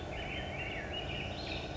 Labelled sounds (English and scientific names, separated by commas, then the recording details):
Black-headed Grosbeak (Pheucticus melanocephalus)
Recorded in Sonoma County, California